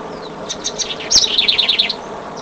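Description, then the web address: House wren song: a short rapid series of high chirped notes, quickening into a twittering trill, over a noisy background. "cantos"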